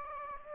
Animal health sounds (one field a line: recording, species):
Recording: mosquito wingbeat signal from an infrared sensor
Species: Aedes aegypti